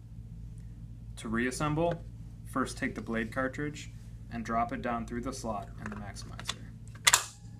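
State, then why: Seated. Someone talks while the blade cartridge of a Meat Maximizer hand meat tenderizer is dropped down through the slot in its plastic body and pushed in. A sharp click at 7.1 s shows the cartridge has clicked into place and is seated.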